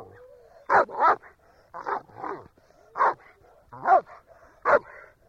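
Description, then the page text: German Shepherd dog barking in short bursts, single and doubled barks spaced about a second apart. Shepherd dog barking quietly. "Звук овчарка гавкает. ЗВУКОДАР"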